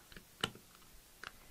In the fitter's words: you'll hear it click in